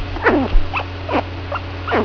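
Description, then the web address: Chinchilla squeaks, five short chirps spaced roughly every half second over a steady low electrical hum. "peppi chinchilla"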